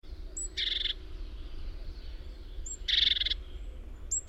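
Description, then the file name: Great tit churring calls: two harsh, buzzy bursts about two seconds apart, each led by a short, sharp high note, over a low steady rumble. "Parus major"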